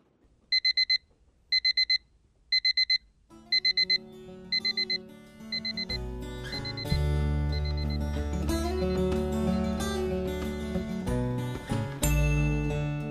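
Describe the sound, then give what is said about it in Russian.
An electronic alarm clock beeps in quick, shrill bursts, repeating about six times at a steady pace before swelling music rises and drowns it out. “Понимая, что будильник звонит уже не в первый раз, Катя с трудом села на край кровати.”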